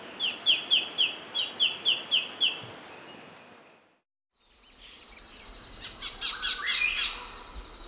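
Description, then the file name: White-faced Robin calls: a fast run of high piping notes, a short silence, then a second burst of sharp notes. Recorded in Papua New Guinea. "Treg Leuc"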